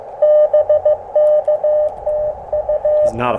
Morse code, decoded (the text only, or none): BK TU